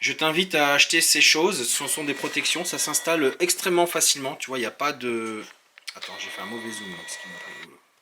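A plastic headlight protection cover is being fitted onto a car headlight, which is said to clip on very easily. Someone talks throughout, and after a short pause a steady, quieter hum with faint tones continues to the end. Nothing has seated or clicked yet; the cover is still being handled.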